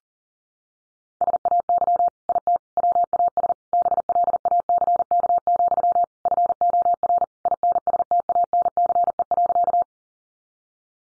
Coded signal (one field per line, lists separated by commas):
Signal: Morse code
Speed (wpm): 40 wpm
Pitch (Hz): 700 Hz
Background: none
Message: SAY IT WAS BLACK, FOR INSTANCE.